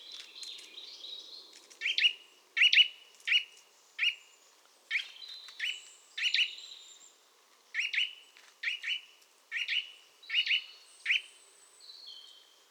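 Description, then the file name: Eurasian nuthatch repeating clear, abrupt whistled notes, sometimes doubled, at a brisk irregular pace, with faint high song from other birds behind. "Sitta europaea"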